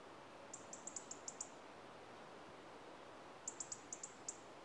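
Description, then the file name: European robin calling: two quick runs of six or seven high, thin tick notes, a couple of seconds apart, against quiet background noise. "Erithacus rubecula - European Robin"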